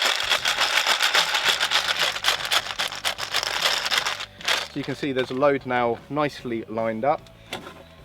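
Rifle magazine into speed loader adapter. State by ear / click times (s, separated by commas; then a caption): seated / 7.5 s. A .22LR rifle magazine is pushed into the adapter of a McFadden Machine Lightnin' Grip Loader speed loader. It latches home with a sharp, positive click at 7.5 s. Before that, a dense rattling, shaking noise fills the first four seconds, and someone talks.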